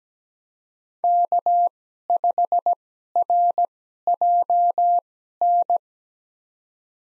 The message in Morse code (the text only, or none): K5RJN